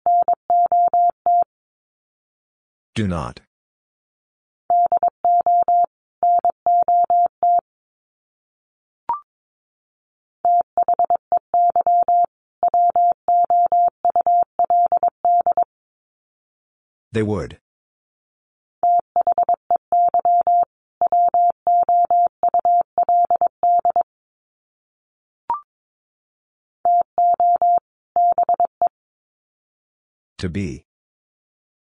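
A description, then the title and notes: Words are sent in Morse code as a steady mid-pitched beep, keyed in rapid dots and dashes grouped into bursts with short gaps. A louder noisy swish cuts in between groups, around 3, 17 and 30 seconds, and faint clicks occasionally sound in the pauses. First, the words are sent in Morse code. Sets of 2 Words 22wpm.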